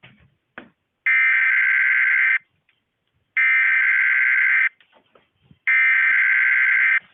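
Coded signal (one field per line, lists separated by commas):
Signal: Emergency Alert System (SAME) tones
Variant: header bursts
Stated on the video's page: Fake, mock Emergency Alert System broadcast about an alien invasion; not real.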